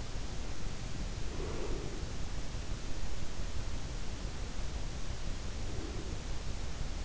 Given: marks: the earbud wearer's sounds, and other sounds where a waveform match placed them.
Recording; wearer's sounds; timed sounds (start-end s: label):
sounds in sleep by an in-ear microphone; breath
1.13-2.13 s: breath
5.56-6.20 s: breath